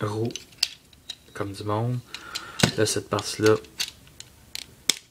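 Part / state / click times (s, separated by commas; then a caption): plastic transformation part into the toy robot body / seated / 4.9 s. During transformation of a plastic toy robot, a plastic transformation part is brought into position and clipped into the toy robot body while someone talks. A few small plastic clicks and taps lead up to a sharp, loud snap at 4.9 s as the part seats in place.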